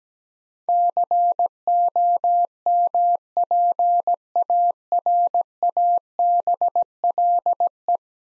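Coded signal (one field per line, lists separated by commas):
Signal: Morse code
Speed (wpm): 17 wpm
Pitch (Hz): 700 Hz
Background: none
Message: COMPARABLE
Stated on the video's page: Morse practice drill of ten-letter words at 17 wpm, each sent, spoken, then sent again.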